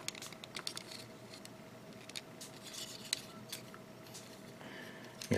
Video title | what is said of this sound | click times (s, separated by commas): *GundamCustoms* 1/100 MG Jegan & RE/100 Base Jabber Custom - Part 9 | Yeah, there are notches there, so that has to snap in. There, I heard the snap. | 3.1 s